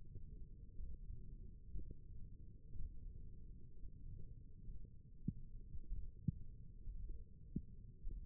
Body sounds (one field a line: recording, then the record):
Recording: forearm muscle sounds (acoustic myography)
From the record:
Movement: index flexion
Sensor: system 1, eight BSWA MPA416 microphones around the upper forearm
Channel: 1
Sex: female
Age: 21 years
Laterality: right